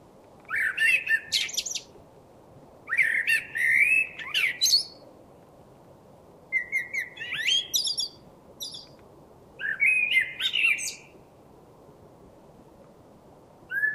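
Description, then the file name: Common blackbird with a series of four or five varied song phrases: low, mellow warbling whistles mixed with high, thin twitters and squeaks, separated by short pauses. "Turdus merula"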